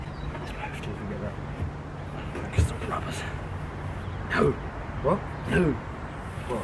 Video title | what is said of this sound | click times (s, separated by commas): ** TTOK - Interior BITS - pt2 ** | No, it didn't. Didn't catch? Nope. | none